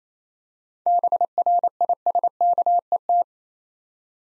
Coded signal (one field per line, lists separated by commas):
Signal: Morse code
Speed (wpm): 27 wpm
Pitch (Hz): 700 Hz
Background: none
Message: BRISKET